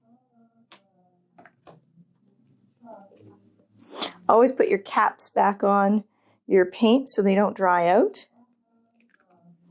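A plastic flip cap is being handled on an acrylic paint tube so the paint won't dry out. Soft handling taps and rustles are heard while someone talks. The clip ends before the cap snaps shut, so nothing has seated or clicked yet.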